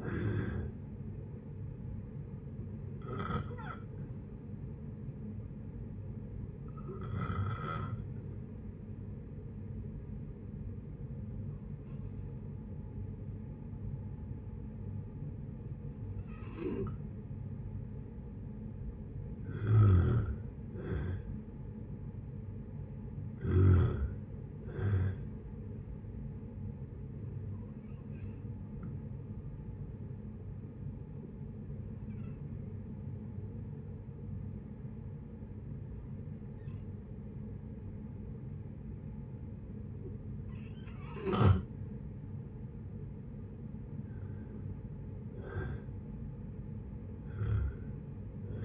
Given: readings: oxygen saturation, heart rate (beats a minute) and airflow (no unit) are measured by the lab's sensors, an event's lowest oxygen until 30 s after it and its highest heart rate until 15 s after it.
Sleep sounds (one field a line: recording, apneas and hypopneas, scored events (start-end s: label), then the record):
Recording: breathing in sleep by a smartphone at the bedside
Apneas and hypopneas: 2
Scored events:
3.00-21.00 s: hypopnea (N2, oxygen 95% highest, then 90% lowest, heart rate 68 at the start, 71 highest)
29.00-43.50 s: hypopnea (N2, oxygen 95% highest, then 89% lowest, heart rate 71 at the start, 73 highest)
From the record:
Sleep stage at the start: N2 (light sleep)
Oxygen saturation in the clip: 89 to 95%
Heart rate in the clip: 59 to 71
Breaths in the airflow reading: 12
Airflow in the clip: -7.4 to 6.6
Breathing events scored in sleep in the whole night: 496 in 5.4 hours asleep